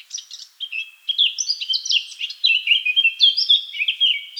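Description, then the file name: Eurasian blackcap song: a fast warble of varied rich notes, mostly high-pitched. "Sylvia atricapilla"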